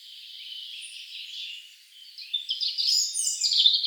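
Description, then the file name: European robin singing, a faint thin warble at first, then a brighter burst of rapid tinkling, twittering notes toward the end. "Erithacus rubecula"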